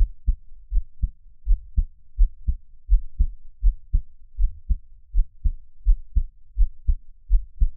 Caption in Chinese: 獻上我的心跳 | Give my Heartbeat | NO Talking。